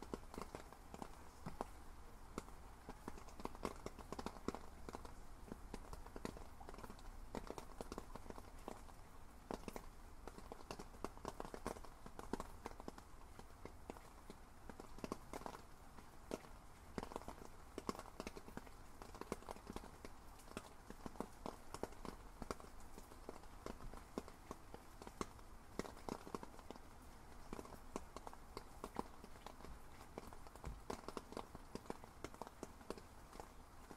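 Rain patters steadily on rain gear, a dense, even stream of quick taps through the whole clip with a low rumble underneath.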